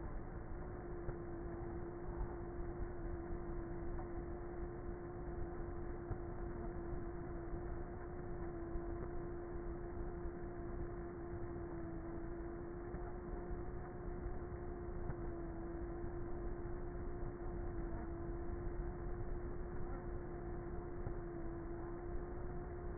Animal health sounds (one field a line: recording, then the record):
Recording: honeybee colony, microphone inside the hive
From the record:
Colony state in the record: queenless with a low population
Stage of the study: before two queens were removed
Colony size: about 30,000 bees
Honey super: no